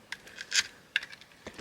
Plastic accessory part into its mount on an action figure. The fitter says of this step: these kinds of thing like this clips in so nicely